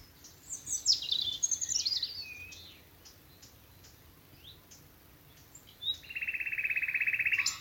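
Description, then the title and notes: Common nightingale song with a burst of high chattering and whistled notes, a long quiet gap, then a sustained rapid rattling trill. Nightingales singing from thickets in a Dorset wood, evening as the dew falls, Alners Gorse nature reserve run by Butterfly Conservation, Dorset. "Sound Escape 11: the glorious song of nightingales from a Dorset wood. it's evening at Alners Gorse, a nature reserve in Dorset run by Butterfly Conservation . As the dew falls, the extraordinary song of nightingales rises from the thickets. Recorded by Martin Maudsley. BBC Countryfile Magazine"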